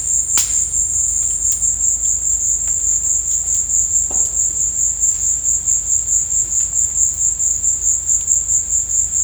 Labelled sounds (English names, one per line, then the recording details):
none
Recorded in dense forest near Puerto Asís, Putumayo, Colombia, on 22 December 2024 at 15:00
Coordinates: 0.481, -76.323
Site G100